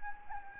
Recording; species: mosquito wingbeat signal from an infrared sensor; Anopheles gambiae